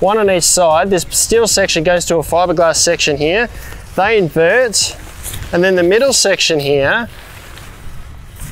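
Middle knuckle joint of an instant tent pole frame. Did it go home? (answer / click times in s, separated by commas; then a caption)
yes / 7.6 s. Someone talks while working on the pole frame of a Coleman Instant Northstar Dark Room Lighted 10P Tent, where a steel section joins a fibreglass section and the poles have been inverted. The middle knuckle joint of the frame is pushed down, and a single short click is heard at 7.6 s as it locks into place.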